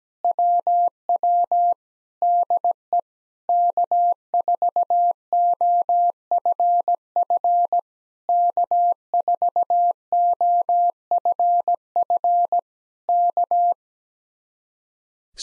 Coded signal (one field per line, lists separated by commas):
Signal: Morse code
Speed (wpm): 17 wpm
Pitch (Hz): 700 Hz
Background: none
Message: WW DE K4OFF K4OFF K